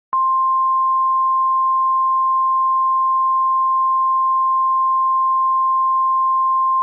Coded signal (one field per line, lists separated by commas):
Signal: Emergency Alert System (SAME) tones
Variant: 1050 Hz attention tone